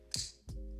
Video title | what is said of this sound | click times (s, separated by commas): Peak Design slide lite review | put the little pod in it, hear it click, | 0.1 s